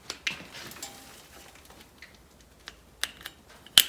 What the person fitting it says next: Perfect. And you hear that snap, and then you can just reroute it.